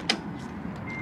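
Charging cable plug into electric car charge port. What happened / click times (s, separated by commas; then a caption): The plug went in and the latch locked / 0.1 s. A charging cable plug is pushed back into the charge port of a Nissan Leaf electric car. The port lock actuator engages with a single sharp click at 0.1 s, then only a low hum remains. The plug is seated and locked.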